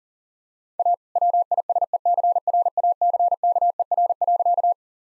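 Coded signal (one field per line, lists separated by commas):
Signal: Morse code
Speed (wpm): 40 wpm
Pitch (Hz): 700 Hz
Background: none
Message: A WISECRACKER.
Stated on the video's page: Morse code practice at 40 wpm, jokes with contextual priming.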